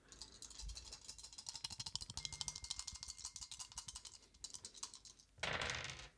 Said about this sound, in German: willst du für Jörn würfeln? Ja, drei Würfel.